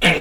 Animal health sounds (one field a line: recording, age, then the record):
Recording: pig call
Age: piglet (1 to 25 days)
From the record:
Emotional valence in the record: negative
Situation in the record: crushing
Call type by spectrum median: low-frequency call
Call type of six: low-frequency tonal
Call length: 0.21 s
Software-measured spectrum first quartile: 416 Hz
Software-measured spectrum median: 1621 Hz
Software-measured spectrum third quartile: 2556 Hz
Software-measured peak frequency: 181 Hz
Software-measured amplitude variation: 135 dB a second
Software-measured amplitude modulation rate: 16.3 a second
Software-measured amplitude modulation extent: 8.3 dB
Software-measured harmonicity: 2.1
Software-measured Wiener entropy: -1.39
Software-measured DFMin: 776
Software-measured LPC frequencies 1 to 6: 581, 1763, 2266, 2853, 3333, 5855 Hz